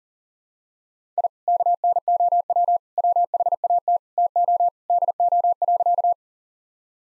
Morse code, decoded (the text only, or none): I KNOW WHAT TO DO.